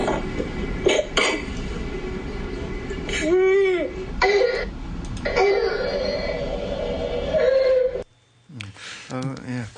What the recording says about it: The barking cough that you refer to, which is caused by this condition, croup.